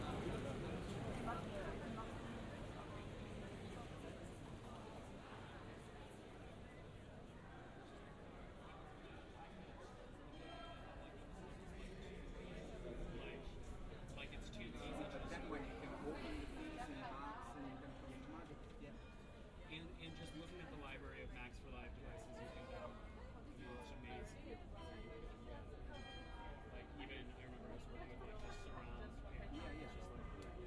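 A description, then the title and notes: Visitors chatter, many voices overlapping into a steady murmur with a few voices rising and falling throughout. A low rumble runs underneath, and occasional clicks and knocks break through. The level stays fairly even across the half minute. Generative soundscape based on a two-dimensional random walk between four binaural soundscapes recorded in Graz, Austria. During the Steirischer Herbst festival. Visitors of the Landhaus.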